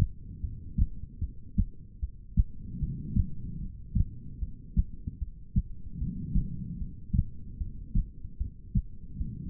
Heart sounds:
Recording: heart sounds by stethoscope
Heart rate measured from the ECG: 75 bpm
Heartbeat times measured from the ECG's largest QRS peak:
0.41 s: heartbeat
1.20 s: heartbeat
2.00 s: heartbeat
2.80 s: heartbeat
3.59 s: heartbeat
4.39 s: heartbeat
5.19 s: heartbeat
5.98 s: heartbeat
6.78 s: heartbeat
7.58 s: heartbeat
8.37 s: heartbeat
9.17 s: heartbeat
From the record:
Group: heart failure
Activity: rest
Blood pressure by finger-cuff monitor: 112/86 mmHg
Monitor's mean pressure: 96 mmHg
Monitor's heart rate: 76 bpm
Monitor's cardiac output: 4.3 L/min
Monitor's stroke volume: 57 mL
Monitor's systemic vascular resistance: 1650 dyn s/cm5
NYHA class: 2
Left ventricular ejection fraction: 58%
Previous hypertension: present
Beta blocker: bisoprolol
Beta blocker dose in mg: 5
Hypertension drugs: ramipril, spironolactone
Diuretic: furosemide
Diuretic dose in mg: 160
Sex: female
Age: 55 years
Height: 155 cm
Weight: 67 kg

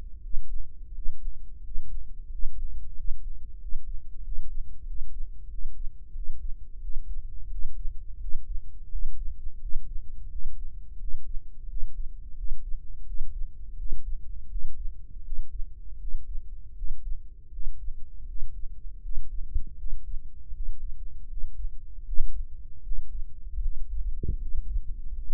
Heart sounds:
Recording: heart sounds by microphone in the right ear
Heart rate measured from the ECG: 84 bpm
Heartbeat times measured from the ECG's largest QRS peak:
0.20 s: heartbeat
0.91 s: heartbeat
1.60 s: heartbeat
2.28 s: heartbeat
2.93 s: heartbeat
3.58 s: heartbeat
4.21 s: heartbeat
4.84 s: heartbeat
5.47 s: heartbeat
6.12 s: heartbeat
6.79 s: heartbeat
7.48 s: heartbeat
8.18 s: heartbeat
8.89 s: heartbeat
9.59 s: heartbeat
10.28 s: heartbeat
10.97 s: heartbeat
11.66 s: heartbeat
12.35 s: heartbeat
13.04 s: heartbeat
13.75 s: heartbeat
14.48 s: heartbeat
15.22 s: heartbeat
15.97 s: heartbeat
16.74 s: heartbeat
17.50 s: heartbeat
18.25 s: heartbeat
19.00 s: heartbeat
19.76 s: heartbeat
20.51 s: heartbeat
21.27 s: heartbeat
22.03 s: heartbeat
22.81 s: heartbeat
23.59 s: heartbeat
24.36 s: heartbeat
25.12 s: heartbeat
From the record:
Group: healthy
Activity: Valsalva maneuver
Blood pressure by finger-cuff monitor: 92/59 mmHg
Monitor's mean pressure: 69 mmHg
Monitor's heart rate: 86 bpm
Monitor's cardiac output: 6.9 L/min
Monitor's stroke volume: 80 mL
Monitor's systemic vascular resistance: 720 dyn s/cm5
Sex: female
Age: 19 years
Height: 163 cm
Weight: 48.9 kg

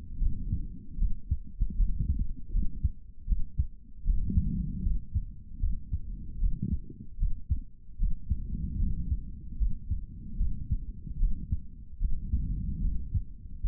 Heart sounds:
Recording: heart sounds by stethoscope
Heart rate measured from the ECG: 76 bpm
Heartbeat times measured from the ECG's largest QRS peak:
0.19 s: heartbeat
0.97 s: heartbeat
1.75 s: heartbeat
2.51 s: heartbeat
3.26 s: heartbeat
4.04 s: heartbeat
4.83 s: heartbeat
5.60 s: heartbeat
6.38 s: heartbeat
7.18 s: heartbeat
7.98 s: heartbeat
8.79 s: heartbeat
9.58 s: heartbeat
10.37 s: heartbeat
11.18 s: heartbeat
11.99 s: heartbeat
12.81 s: heartbeat
13.61 s: heartbeat
From the record:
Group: healthy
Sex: male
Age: 55 years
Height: 167 cm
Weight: 57.2 kg

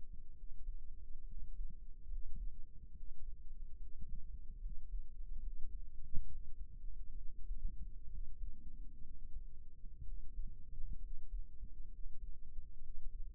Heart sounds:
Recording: heart sounds by microphone in the right ear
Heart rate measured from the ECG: 67 bpm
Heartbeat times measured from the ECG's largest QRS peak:
0.34 s: heartbeat
1.25 s: heartbeat
2.07 s: heartbeat
2.94 s: heartbeat
3.78 s: heartbeat
4.60 s: heartbeat
5.40 s: heartbeat
6.26 s: heartbeat
7.16 s: heartbeat
8.09 s: heartbeat
9.01 s: heartbeat
10.03 s: heartbeat
10.99 s: heartbeat
11.89 s: heartbeat
12.80 s: heartbeat
From the record:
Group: healthy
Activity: cold pressor test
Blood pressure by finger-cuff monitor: 99/73 mmHg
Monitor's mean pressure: 84 mmHg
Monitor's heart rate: 67 bpm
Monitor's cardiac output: 5.5 L/min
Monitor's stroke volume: 82 mL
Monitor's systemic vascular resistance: 1160 dyn s/cm5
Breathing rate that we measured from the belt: 20 breaths a minute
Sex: male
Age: 22 years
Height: 181 cm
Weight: 79 kg

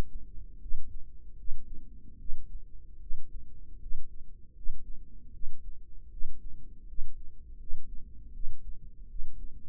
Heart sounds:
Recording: heart sounds by microphone in the right ear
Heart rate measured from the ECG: 78 bpm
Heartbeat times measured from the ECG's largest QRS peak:
0.59 s: heartbeat
1.36 s: heartbeat
2.18 s: heartbeat
2.99 s: heartbeat
3.79 s: heartbeat
4.54 s: heartbeat
5.32 s: heartbeat
6.10 s: heartbeat
6.86 s: heartbeat
7.58 s: heartbeat
8.33 s: heartbeat
9.08 s: heartbeat
From the record:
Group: healthy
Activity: rest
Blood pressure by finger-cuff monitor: 100/66 mmHg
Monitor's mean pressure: 76 mmHg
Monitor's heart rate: 78 bpm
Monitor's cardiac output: 6 L/min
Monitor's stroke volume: 78 mL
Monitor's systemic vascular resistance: 920 dyn s/cm5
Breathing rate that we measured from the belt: 20 breaths a minute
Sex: female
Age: 22 years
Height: 163 cm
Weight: 67.1 kg

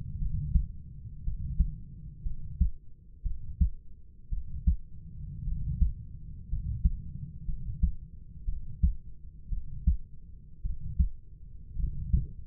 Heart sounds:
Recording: heart sounds by stethoscope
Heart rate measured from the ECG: 57 bpm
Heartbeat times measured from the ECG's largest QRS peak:
0.19 s: heartbeat
1.24 s: heartbeat
2.23 s: heartbeat
3.23 s: heartbeat
4.30 s: heartbeat
5.44 s: heartbeat
6.49 s: heartbeat
7.46 s: heartbeat
8.45 s: heartbeat
9.50 s: heartbeat
10.62 s: heartbeat
11.76 s: heartbeat
From the record:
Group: healthy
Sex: male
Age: 25 years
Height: 170 cm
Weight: 70.4 kg

